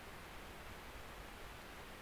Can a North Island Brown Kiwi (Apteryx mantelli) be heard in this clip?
no